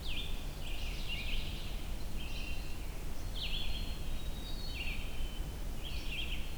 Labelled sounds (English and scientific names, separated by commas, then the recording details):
Red-eyed Vireo (Vireo olivaceus) song
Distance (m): 60 m
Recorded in boreal forest in Alberta, Canada, on 23 June 2016 at 05:35
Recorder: SongMeter 3, array SBT-6-76
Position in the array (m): 181 m, 88 m